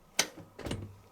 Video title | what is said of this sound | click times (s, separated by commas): Review of Bosch SGS53C12GB Classixx Fullsized Dishwasher | and you hear it click | 0.2 s